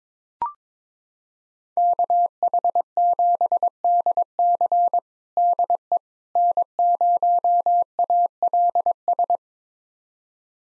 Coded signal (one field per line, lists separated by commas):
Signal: Morse code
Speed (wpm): 22 wpm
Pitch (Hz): 700 Hz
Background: none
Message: KH7DC DE N0ALS